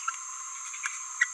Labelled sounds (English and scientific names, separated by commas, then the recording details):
Green-rumped Parrotlet (Forpus passerinus) babbling
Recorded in a nest box in Venezuela
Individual 18B17A3